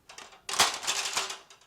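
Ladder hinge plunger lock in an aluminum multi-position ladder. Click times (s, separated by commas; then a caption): 0.5 s. A 26-foot Gorilla MPX 26 aluminum multi-position ladder is opened after its plunger locks are pushed in. A few light ticks are followed by the hinge lock engaging with a clear metallic clunk at 0.5 s, and the plungers pop back out. The hinge lock is seated and locked.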